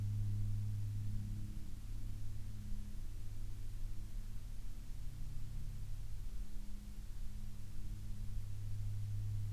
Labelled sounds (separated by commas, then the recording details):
aircraft
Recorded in the Prudhoe Bay oil fields, Alaska, on 17 May 2021 at 14:55
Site 28